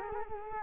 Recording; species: mosquito wingbeat signal from an infrared sensor; Culex quinquefasciatus